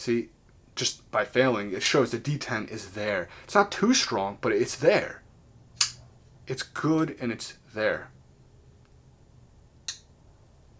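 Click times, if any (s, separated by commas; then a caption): 9.9 s. Someone talks while handling a Sencut Bronte folding knife, with a brief sharp sound at about 5.8 s. After a pause, the blade is flipped open and locks against the liner lock with a single sharp snap at 9.9 s, seating firmly in the open position.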